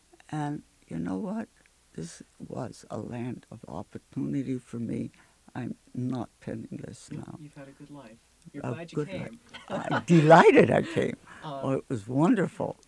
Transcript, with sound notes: and you know what, this really was a land of opportunity for me. I'm not penniless now.
You've had a good life. You're glad you came. (they laugh)
A good life. I'm delighted I came. It was wonderful.